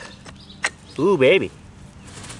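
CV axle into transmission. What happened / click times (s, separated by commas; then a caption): The axle shaft's retaining ring snapped home / 0.7 s. The inner stub of a CV axle on a 2008 Nissan Versa is pushed into the transmission side gear until its retaining ring clicks home. There is a sharp click at 0.6 s, then someone talks. The axle is seated.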